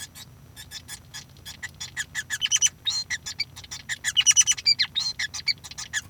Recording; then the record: song of a male Bengalese finch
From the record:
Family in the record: son of father 5